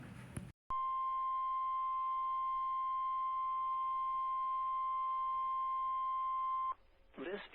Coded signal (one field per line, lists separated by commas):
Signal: Emergency Alert System (SAME) tones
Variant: 1050 Hz attention tone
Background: speech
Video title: required weekly tests eas82-91 eas alerts from 1/12/22